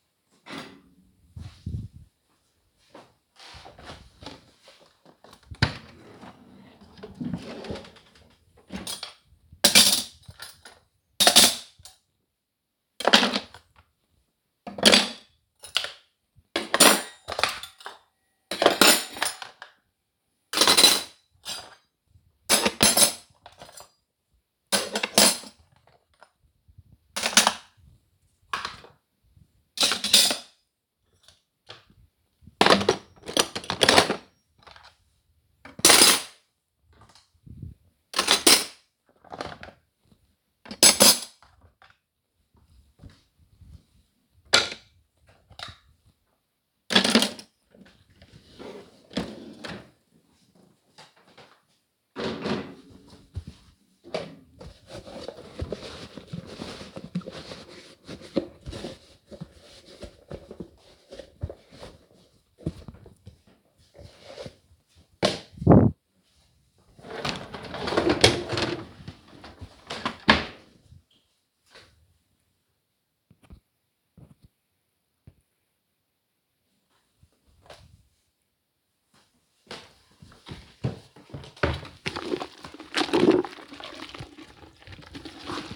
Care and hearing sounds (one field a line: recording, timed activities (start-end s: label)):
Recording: household activities, microphone on the right wrist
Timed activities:
0.00-64.72 s: cleaning out the dishwasher
82.79-85.76 s: floor cleaning